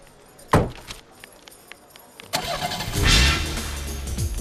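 A sharp click and thud, a few faint taps, then a car engine cranks and turns over, revving up to a steady rumbling idle.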